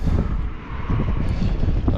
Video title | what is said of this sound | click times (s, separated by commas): 02 2500 HD blower motor resistor connector | Feed that into clicks. | 1.9 s